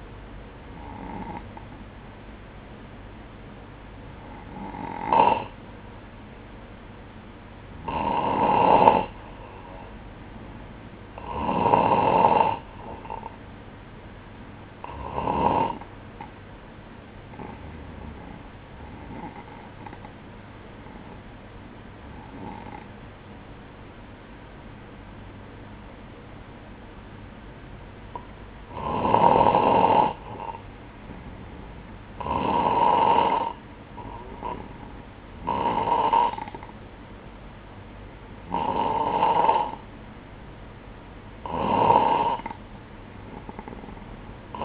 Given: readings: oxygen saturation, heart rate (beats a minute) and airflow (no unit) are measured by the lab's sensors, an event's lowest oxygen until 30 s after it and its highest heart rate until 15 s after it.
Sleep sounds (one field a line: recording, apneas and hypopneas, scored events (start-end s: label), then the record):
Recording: breathing in sleep by a voice recorder at the bedside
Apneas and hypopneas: none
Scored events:
none scored
From the record:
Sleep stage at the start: N2 (light sleep)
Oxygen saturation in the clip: 94 to 96%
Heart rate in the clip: 57 to 63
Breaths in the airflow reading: 11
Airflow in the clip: -7.4 to 4.3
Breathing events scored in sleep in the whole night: 180 in 6.7 hours asleep